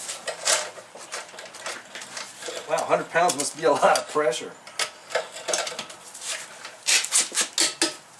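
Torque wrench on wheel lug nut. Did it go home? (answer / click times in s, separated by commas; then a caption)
yes / 7.6 s, 7.8 s. Someone talks while a click-type torque wrench set to 100 lb tightens a wheel lug nut in a star pattern after a brake pad and rotor job on a GM SUV, a Buick Rendezvous. Ratcheting and scraping sounds lead to two sharp clicks at 7.6 s and 7.8 s, showing the wrench reached its 100 lb setting.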